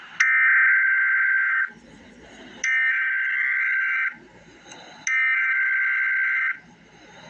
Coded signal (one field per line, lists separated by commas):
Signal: Emergency Alert System (SAME) tones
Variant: header bursts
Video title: Emergency Alert System - Winter Weather Advisory - Feb 11, 2025 at 2:44 PM EST